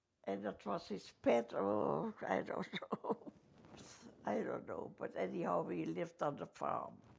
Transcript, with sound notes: and it was his pet, oh, I don't know. (laughs) I don't know. But anyhow we lived on the farm.